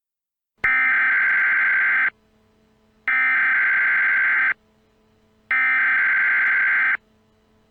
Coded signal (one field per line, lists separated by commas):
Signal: Emergency Alert System (SAME) tones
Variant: header bursts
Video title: EAS Scenario #14 A Bloody Christmas AN EAS CHRISTMAS SPECIAL